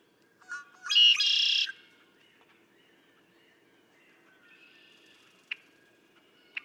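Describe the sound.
Red-winged blackbird song: a few short stuttering introductory notes followed by a loud, harsh buzzy trill lasting under a second, with faint bird calls afterwards.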